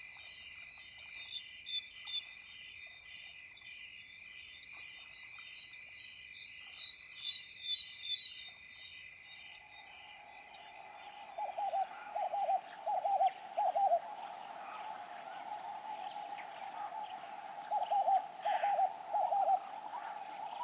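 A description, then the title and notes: A wild nighttime-style chorus of insects, with steady high-pitched buzzing and trilling layered throughout. Around ten seconds in, a lower continuous drone begins, and from about 12 seconds short chirping calls repeat in quick clusters, perhaps frogs, while the upper buzzing fades slightly. African Wild West is a collection of ambiences recorded in 2017 in Senegal. A variety of environments, from tropical forest to dry savanna and from desert oasis to mangrove forest.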